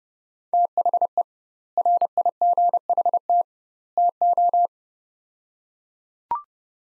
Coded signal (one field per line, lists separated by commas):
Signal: Morse code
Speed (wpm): 30 wpm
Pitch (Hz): 700 Hz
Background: none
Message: THE RIGHT TO